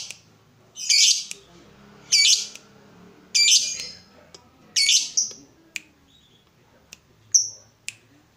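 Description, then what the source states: Yellow-vented bulbul giving a series of grating, buzzy chatter bursts, then isolated sharp notes and a short whistled pip. Used as a bird lure (pikat).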